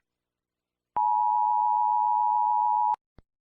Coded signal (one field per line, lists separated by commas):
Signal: Emergency Alert System (SAME) tones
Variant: 853 and 960 Hz attention tone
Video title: EAS Scenario - The Deadly Big One (Part 2)